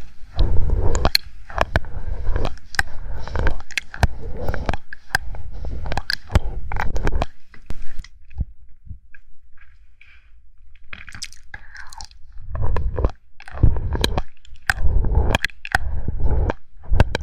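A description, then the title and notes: Mouth sounds and handling of the microphone, with thick low thumping and crackly, crunchy bursts that sound like chewing and squishing. Activity is dense and busy up to about eight seconds, thins to a few sparse clicks and pops until around twelve seconds, then turns busy again with sharp taps. Mouth sounds + mic pumping, swirling, tapping, and gripping.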